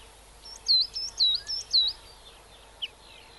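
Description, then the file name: Coal tit song, a quick run of several high, sharp whistled notes alternating high and lower, then a single faint note after a pause. "Birdsong-Coal Tit"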